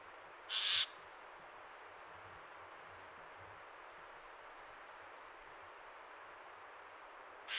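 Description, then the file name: Eurasian jay, a harsh rasping screech near the start and another cut short at the very end, with steady background hiss between. "Garrulus glandarius"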